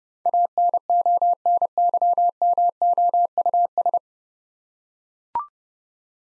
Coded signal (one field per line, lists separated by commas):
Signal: Morse code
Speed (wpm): 30 wpm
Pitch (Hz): 700 Hz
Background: none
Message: ANONYMOUS